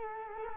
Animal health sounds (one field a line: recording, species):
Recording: mosquito wingbeat signal from an infrared sensor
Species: Culex quinquefasciatus